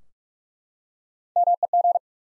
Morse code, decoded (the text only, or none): MEG